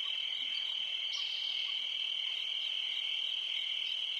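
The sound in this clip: Crickets produce a shrill, constant high trill, with a few softer lower chirps early on and a brief brighter buzz just after one second.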